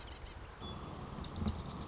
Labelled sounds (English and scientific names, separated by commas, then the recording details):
Marsh Wren (Cistothorus palustris)
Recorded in Sonoma County, California